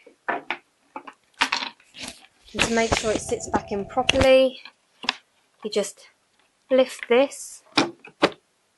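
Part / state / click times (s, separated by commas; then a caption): plastic dust container part into a cordless vacuum cleaner body / seated / 7.8 s. A plastic dust container part is put back into the body of a Bosch GS-50 Animal cordless vacuum cleaner after emptying, then lifted so it sits properly. Someone talks over brief handling knocks, and a sharp, loud click at 7.8 s shows the part seated in place.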